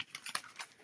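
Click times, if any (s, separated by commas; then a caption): none. Metal cutting dies are handled as they are placed into a die-cutting folder with grooves that the dies lock into, producing short, bright ticks and light tapping. Nothing has seated or clicked into place yet.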